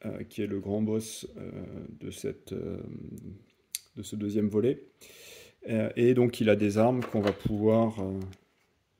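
Someone talks while handling a hard plastic weapon accessory meant to be pressed onto the boss miniature of a board game. The clip is almost entirely speech, and nothing has seated or clicked yet.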